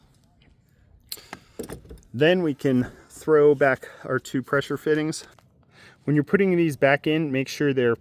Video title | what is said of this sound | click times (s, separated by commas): Nissan Versa Reverse Light Bulb and Inner Running Bulb Install for 2020 2021 2020 2022 2023 & 2024 | I'm gonna apply some upwards pressure and feel that lock into place. | 1.1 s